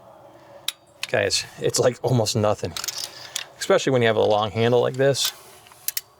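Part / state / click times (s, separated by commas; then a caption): click-type torque wrench on a spark plug in the cylinder head / torque reached / 0.7 s. A click-type torque wrench with a long handle tightens a spark plug into the cylinder head of a 2013-2022 Chevy Malibu 2.0L Turbo, set to 15 ft-lbs. The wrench gives a sharp click at 0.7 s, confirming the plug has reached 15 ft-lbs, a click that is barely felt through the long handle. Someone then talks, and two more brief sharp ticks sound near 5.9 s and 6.0 s.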